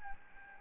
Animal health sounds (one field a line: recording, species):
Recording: mosquito wingbeat signal from an infrared sensor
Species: Aedes albopictus